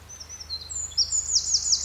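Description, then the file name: Eurasian wren song snippet: a few high thin notes leading into a brief, loud trill, over a low steady hum. "Troglodytes troglodytes"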